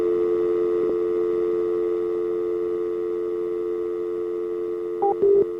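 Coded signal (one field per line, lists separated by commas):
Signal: telephone call progress tone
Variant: North America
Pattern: dial tone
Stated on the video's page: Tones from a live prank call show calling trailer parks.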